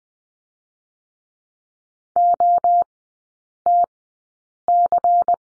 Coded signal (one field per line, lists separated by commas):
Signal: Morse code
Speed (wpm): 19 wpm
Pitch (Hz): 700 Hz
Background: none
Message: OTC